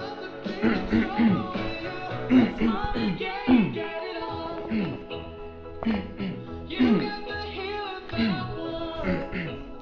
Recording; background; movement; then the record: throat clearing; music; sitting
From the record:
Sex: male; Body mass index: 21.0 kg/m2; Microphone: on the chest, facing outward